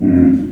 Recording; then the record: squeal of a Yucatan mini pig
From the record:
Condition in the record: after surgery on the right vocal fold (resection and tissue-engineered implant); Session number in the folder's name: 4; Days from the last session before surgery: 26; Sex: female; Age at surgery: 19 weeks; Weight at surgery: 25 kg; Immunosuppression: prednisolone